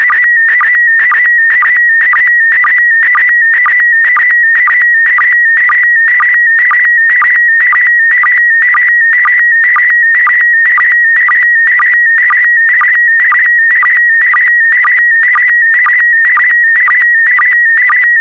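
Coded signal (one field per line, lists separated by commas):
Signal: SSTV (slow-scan television)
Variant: PD120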